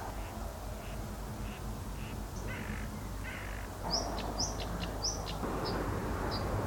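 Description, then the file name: Marsh warbler song: sparse notes become sharp high whistles and chips, with abrupt shifts in background noise. "Verderolle montage"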